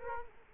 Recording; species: mosquito wingbeat signal from an infrared sensor; Culex quinquefasciatus